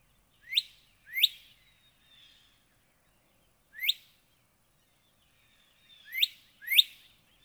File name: Northern Cardinal